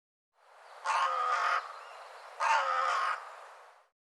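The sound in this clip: Bird repeating a harsh, grating caw twice, each about three-quarters of a second long and separated by a short gap.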